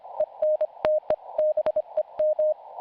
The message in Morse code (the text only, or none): ENTE BEM